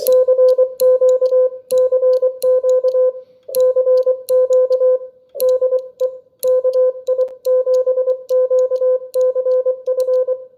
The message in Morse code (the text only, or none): CQ CQ CQ DE KI7QCF